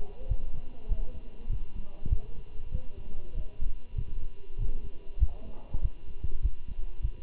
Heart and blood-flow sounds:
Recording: heart sounds by stethoscope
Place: between the tricuspid and mitral areas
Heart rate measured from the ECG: 98 bpm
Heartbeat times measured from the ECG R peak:
0.29 s: heartbeat
0.89 s: heartbeat
1.50 s: heartbeat
2.10 s: heartbeat
2.72 s: heartbeat
3.35 s: heartbeat
3.97 s: heartbeat
4.59 s: heartbeat
5.20 s: heartbeat
5.82 s: heartbeat
6.43 s: heartbeat
7.03 s: heartbeat
From the record:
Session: walking at 3.7 km/h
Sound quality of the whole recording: good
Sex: male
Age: 23 years

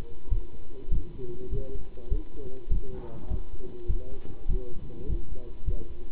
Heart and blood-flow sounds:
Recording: heart sounds by stethoscope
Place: between the tricuspid and mitral areas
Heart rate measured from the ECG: 101 bpm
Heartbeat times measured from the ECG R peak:
0.31 s: heartbeat
0.92 s: heartbeat
1.52 s: heartbeat
2.11 s: heartbeat
2.71 s: heartbeat
3.30 s: heartbeat
3.89 s: heartbeat
4.49 s: heartbeat
5.09 s: heartbeat
5.67 s: heartbeat
From the record:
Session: pedaling a stationary bicycle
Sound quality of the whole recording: good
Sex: male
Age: 27 years

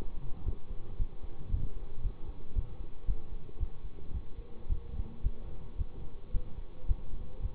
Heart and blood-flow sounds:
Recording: heart sounds by stethoscope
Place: between the tricuspid and mitral areas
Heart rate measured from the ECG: 112 bpm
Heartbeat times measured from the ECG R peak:
0.44 s: heartbeat
0.97 s: heartbeat
1.49 s: heartbeat
2.01 s: heartbeat
2.54 s: heartbeat
3.05 s: heartbeat
3.58 s: heartbeat
4.12 s: heartbeat
4.67 s: heartbeat
5.21 s: heartbeat
5.76 s: heartbeat
6.31 s: heartbeat
6.86 s: heartbeat
7.41 s: heartbeat
From the record:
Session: bicycle stress test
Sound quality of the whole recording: good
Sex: male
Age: 24 years

